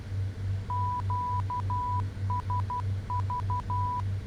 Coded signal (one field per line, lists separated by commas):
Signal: Morse code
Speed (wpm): 12 wpm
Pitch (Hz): 990 Hz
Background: none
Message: QSV